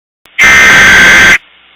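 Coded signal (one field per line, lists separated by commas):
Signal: Emergency Alert System (SAME) tones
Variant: header bursts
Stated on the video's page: Fictional EAS series episode.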